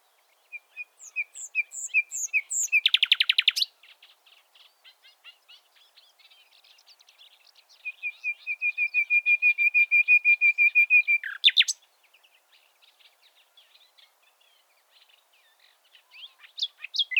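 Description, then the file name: Common nightingale song: repeated whistles, a loud rattle burst, a long steady rapid trill of pure notes, then quieter scattered notes. "Luscinia megarhynchos"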